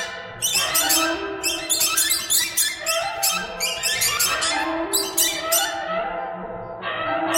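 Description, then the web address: Bird calls, rasping squeaks starting abruptly and running on in dense, overlapping bursts. "soundfactory birds"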